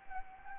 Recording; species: mosquito wingbeat signal from an infrared sensor; Anopheles gambiae